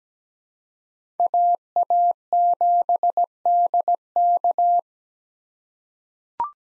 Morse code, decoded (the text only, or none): AA7DK